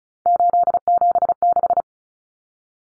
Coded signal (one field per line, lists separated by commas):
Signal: Morse code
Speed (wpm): 34 wpm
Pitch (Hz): 700 Hz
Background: none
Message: 876